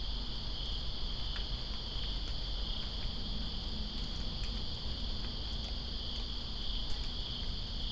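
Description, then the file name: Crickets trilling in a continuous, unbroken chorus over a constant hiss of rainfall with occasional sharp drip taps. Crickets in Greensboro on September 2, 2017, during rain. "Greensboro Crickets And Rain September 02 2017"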